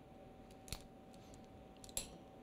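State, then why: Released. A chain breaker tool is tightened on a #41 motorized bicycle chain to press the steel pin through the link. There are light metallic ticks at about 0.7 s and 1.9 s, then a sharp pop at 2.0 s as the pin gives way and releases.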